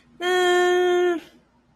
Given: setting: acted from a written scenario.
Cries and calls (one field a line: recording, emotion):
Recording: vocal sound without words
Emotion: neutral